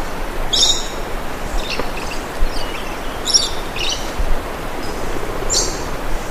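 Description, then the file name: Lorikeet harsh screeching calls, a few short rasping bursts over steady background noise. "Лори -Лорикет -Попугай -Голоса-птиц"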